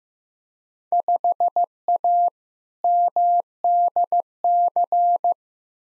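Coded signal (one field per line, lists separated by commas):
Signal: Morse code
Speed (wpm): 15 wpm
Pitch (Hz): 700 Hz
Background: none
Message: 5A MDC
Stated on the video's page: Head-copy drill of randomly selected Field Day exchanges sent at 15 wpm, each sent in Morse, spoken, then sent again.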